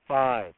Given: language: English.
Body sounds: throat vibration sensor signal played as sound; speech

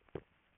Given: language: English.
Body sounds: throat vibration sensor signal played as sound; swallow

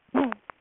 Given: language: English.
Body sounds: throat vibration sensor signal played as sound; throat clearing

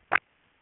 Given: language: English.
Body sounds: throat vibration sensor signal played as sound; swallow

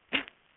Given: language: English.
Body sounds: throat vibration sensor signal played as sound; cough

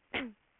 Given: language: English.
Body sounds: throat vibration sensor signal played as sound; cough

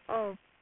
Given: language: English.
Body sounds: throat vibration sensor signal played as sound; speech

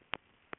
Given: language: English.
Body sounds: throat vibration sensor signal played as sound; throat clearing

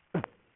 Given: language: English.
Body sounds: throat vibration sensor signal played as sound; cough

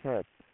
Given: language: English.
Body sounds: throat vibration sensor signal played as sound; speech

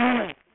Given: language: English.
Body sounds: throat vibration sensor signal played as sound; throat clearing

